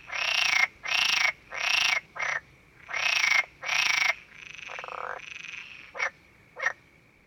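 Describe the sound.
Frog giving a run of harsh, broad croaks in quick succession, then a softer drawn-out note and two short croaks, with a steady high hum behind.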